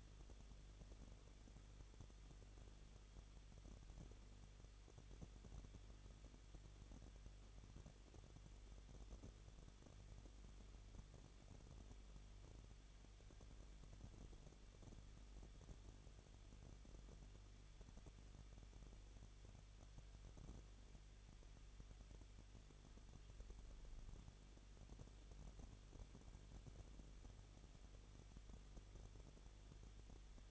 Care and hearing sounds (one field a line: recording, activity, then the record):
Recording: daily activity, microphone in the room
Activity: no activity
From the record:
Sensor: 4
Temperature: 23.0 degrees Celsius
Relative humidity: 34.4%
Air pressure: 1007.3 hPa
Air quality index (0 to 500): 216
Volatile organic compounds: 15 ppm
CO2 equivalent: 2502 ppm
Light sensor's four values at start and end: 2/3/1/1 and 2/3/1/1